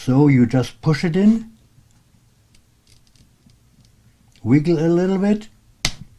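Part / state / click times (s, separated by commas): M.2 SSD module into laptop M.2 slot / seated / 5.8 s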